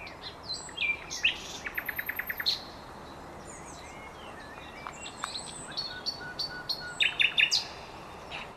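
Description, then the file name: Common nightingale song of varied chirps, short trills and whistled notes. "Luscinia megarhynchos"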